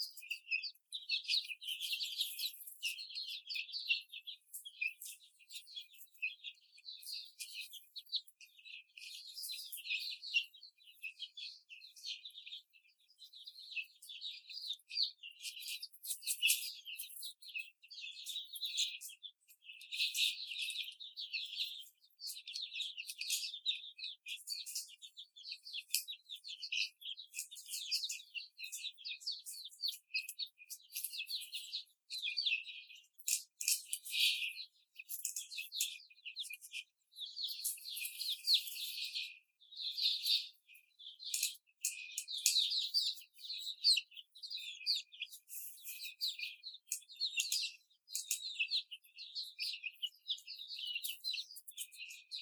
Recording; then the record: young laying hens in a cage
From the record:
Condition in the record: before the stressor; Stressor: simulated dog barking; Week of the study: 4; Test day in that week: 2